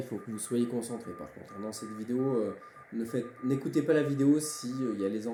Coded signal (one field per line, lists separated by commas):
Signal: Morse code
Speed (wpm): 17 wpm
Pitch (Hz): 1200 Hz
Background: speech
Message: HAMBURG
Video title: [patreon unlock] apprentissage morse 2